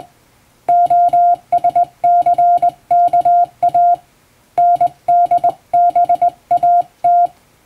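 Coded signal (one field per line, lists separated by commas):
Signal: Morse code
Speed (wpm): 21 wpm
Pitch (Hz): 700 Hz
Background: music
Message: OSCKA NDBAT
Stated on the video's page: Morse code practice for Japanese radio operator exam.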